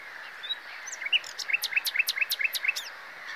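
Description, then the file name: Common nightingale song phrase: a few soft introductory notes, then a quick, steady series of loud, sharp repeated notes. "Luscinia megarhynchos"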